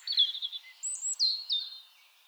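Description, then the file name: European robin song of high, pure whistled notes, one leaping sharply upward, followed by two clear slurred tones that fade out. "Erithacus rubecula"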